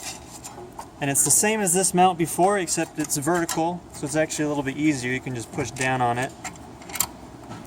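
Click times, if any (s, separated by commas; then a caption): 7.0 s. A modem is pushed down into a vertical plastic mount inside a control box while someone talks. It snaps in with a sharp click at 7.0 s, seating in the mount.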